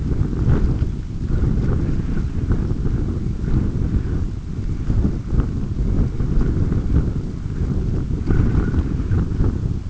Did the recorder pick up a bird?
yes